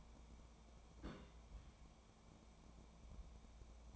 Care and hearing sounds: daily activity, microphone in the room; place on stove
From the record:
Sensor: 1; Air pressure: 1000.0 hPa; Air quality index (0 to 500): 133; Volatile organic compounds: 2 ppm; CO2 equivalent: 1264 ppm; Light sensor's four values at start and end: 43/108/46/57 and 43/107/45/57

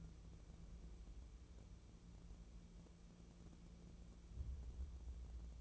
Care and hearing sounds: daily activity, microphone in the room; wipe stove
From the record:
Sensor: 1

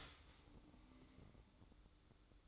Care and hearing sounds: daily activity, microphone in the room; start toaster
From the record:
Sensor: 3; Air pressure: 1007.2 hPa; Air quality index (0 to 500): 54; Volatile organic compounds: 1 ppm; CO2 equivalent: 590 ppm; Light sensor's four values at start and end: 8/17/7/7 and 7/17/7/7

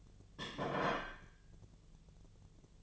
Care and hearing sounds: daily activity, microphone in the room; place plate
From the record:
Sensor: 4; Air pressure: 1010.2 hPa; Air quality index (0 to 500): 181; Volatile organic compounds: 5 ppm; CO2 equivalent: 1828 ppm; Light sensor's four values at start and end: 31/93/36/36 and 31/93/36/36

